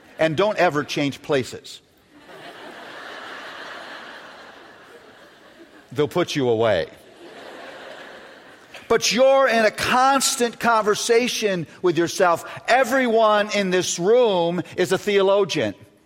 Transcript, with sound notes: and don't ever change places. They'll put away. (laughter) But you're in a constant conversation with yourself. Everyone in this room is a theologian.